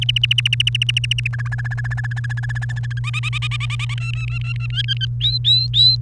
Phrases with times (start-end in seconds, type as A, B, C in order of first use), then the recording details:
0.02-1.27 A, 1.33-2.99 B, 3.04-3.94 C, 3.98-4.82 D, 4.84-5.06 E, 5.21-5.95 F. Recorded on 30 April 2018 at 07:07. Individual llb3